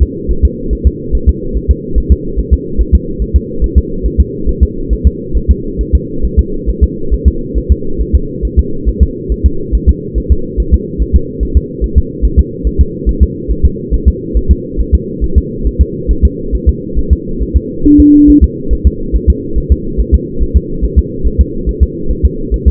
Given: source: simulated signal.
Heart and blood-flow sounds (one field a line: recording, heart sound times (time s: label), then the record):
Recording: fetal heart sounds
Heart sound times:
0.02 s: S2
0.31 s: S1
0.45 s: S2
0.73 s: S1
0.87 s: S2
1.15 s: S1
1.29 s: S2
1.56 s: S1
1.71 s: S2
1.98 s: S1
2.12 s: S2
2.39 s: S1
2.53 s: S2
2.81 s: S1
2.95 s: S2
3.22 s: S1
3.36 s: S2
3.64 s: S1
3.78 s: S2
4.06 s: S1
4.20 s: S2
4.49 s: S1
4.63 s: S2
4.93 s: S1
5.07 s: S2
5.37 s: S1
5.51 s: S2
5.81 s: S1
5.95 s: S2
6.25 s: S1
6.39 s: S2
6.69 s: S1
6.83 s: S2
7.14 s: S1
7.28 s: S2
7.57 s: S1
7.72 s: S2
8.01 s: S1
8.15 s: S2
8.45 s: S1
8.59 s: S2
8.89 s: S1
9.03 s: S2
9.32 s: S1
9.46 s: S2
9.75 s: S1
9.89 s: S2
10.18 s: S1
10.32 s: S2
10.60 s: S1
10.74 s: S2
11.02 s: S1
11.16 s: S2
11.43 s: S1
11.57 s: S2
11.84 s: S1
11.98 s: S2
12.25 s: S1
12.39 s: S2
12.67 s: S1
12.81 s: S2
13.09 s: S1
13.23 s: S2
13.51 s: S1
13.66 s: S2
13.94 s: S1
14.08 s: S2
14.37 s: S1
14.51 s: S2
14.80 s: S1
14.95 s: S2
15.24 s: S1
15.38 s: S2
15.67 s: S1
15.81 s: S2
16.11 s: S1
16.25 s: S2
16.55 s: S1
16.69 s: S2
16.98 s: S1
17.13 s: S2
17.42 s: S1
17.56 s: S2
17.86 s: S1
18.00 s: S2
18.30 s: S1
18.44 s: S2
18.73 s: S1
18.87 s: S2
19.16 s: S1
19.30 s: S2
19.58 s: S1
19.72 s: S2
20.00 s: S1
20.14 s: S2
20.42 s: S1
20.56 s: S2
20.84 s: S1
20.98 s: S2
21.27 s: S1
21.41 s: S2
21.69 s: S1
21.83 s: S2
22.11 s: S1
22.25 s: S2
22.54 s: S1
22.68 s: S2
From the record:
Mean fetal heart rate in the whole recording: 140 bpm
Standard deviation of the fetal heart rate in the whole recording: 2 bpm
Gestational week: 34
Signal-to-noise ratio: -8.1 dB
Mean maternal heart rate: 72 bpm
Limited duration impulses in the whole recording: present